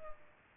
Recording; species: mosquito wingbeat signal from an infrared sensor; Culex pipiens